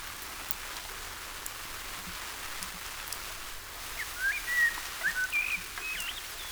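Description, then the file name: Common blackbird with a soft run of short whistled notes in the latter half, after a quiet stretch of faint background noise. "Turdus merula"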